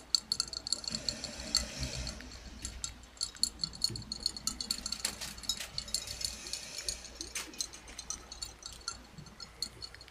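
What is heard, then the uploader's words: Quick tapping on a glass jar, with sharp, bright clicks and clinks coming in dense, irregular bursts throughout the ten seconds. The sounds are crisp, over a soft, steady low hum and faint background rustle. NO TALKING OR WHISPERING.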